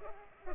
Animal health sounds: mosquito wingbeat signal from an infrared sensor; Culex pipiens

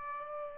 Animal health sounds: mosquito wingbeat signal from an infrared sensor; Aedes albopictus

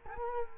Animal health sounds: mosquito wingbeat signal from an infrared sensor; Culex quinquefasciatus

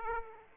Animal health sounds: mosquito wingbeat signal from an infrared sensor; Aedes aegypti

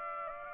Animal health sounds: mosquito wingbeat signal from an infrared sensor; Aedes aegypti

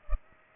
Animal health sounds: mosquito wingbeat signal from an infrared sensor; Culex pipiens

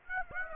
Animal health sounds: mosquito wingbeat signal from an infrared sensor; Aedes aegypti

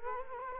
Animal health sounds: mosquito wingbeat signal from an infrared sensor; Culex quinquefasciatus

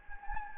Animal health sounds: mosquito wingbeat signal from an infrared sensor; Anopheles gambiae

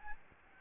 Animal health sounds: mosquito wingbeat signal from an infrared sensor; Aedes albopictus

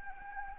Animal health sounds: mosquito wingbeat signal from an infrared sensor; Anopheles gambiae

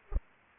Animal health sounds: mosquito wingbeat signal from an infrared sensor; Culex pipiens

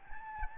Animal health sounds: mosquito wingbeat signal from an infrared sensor; Aedes albopictus

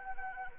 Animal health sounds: mosquito wingbeat signal from an infrared sensor; Anopheles arabiensis

